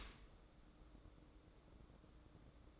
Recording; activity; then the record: daily activity, microphone in the room; open dishwasher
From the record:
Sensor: 3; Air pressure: 1012.3 hPa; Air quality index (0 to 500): 166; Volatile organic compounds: 2 ppm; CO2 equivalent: 1274 ppm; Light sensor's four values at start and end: 557/1374/567/570 and 557/1375/567/571